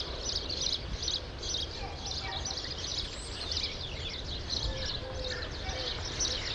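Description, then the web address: True sparrows chirping in a lively flock chorus with pulses of bright notes, plus faint low whistles and background noise. "sound True-sparrows"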